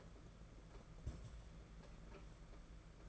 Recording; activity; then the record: daily activity, microphone in the room; place on stove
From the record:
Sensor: 5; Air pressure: 992.1 hPa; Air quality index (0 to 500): 210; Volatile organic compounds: 1000 ppm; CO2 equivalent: 6102 ppm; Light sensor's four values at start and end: 6/16/6/7 and 6/16/6/7